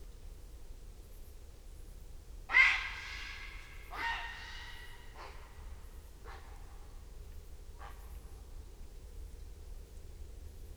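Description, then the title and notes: Grey heron giving harsh, croaking calls, two loud rasping squawks followed by fainter ones, over a steady low background hiss. Grey heron calling at night in Surjoux-Lhopital, France; recorded with Lom Usi Pro stereo AB microphones and a Zoom F8. "Surjoux-Lhopital, France. cri du héron cendré"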